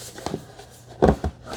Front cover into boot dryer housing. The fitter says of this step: and you're going to push up till it locks into place